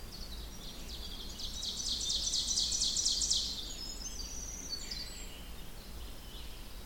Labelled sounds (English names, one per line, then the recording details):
Ovenbird song
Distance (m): 35 m
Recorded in boreal forest in Alberta, Canada, on 16 June 2016 at 06:34
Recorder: SongMeter 3, array SBT-3-32
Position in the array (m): 163 m, 33 m
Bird 36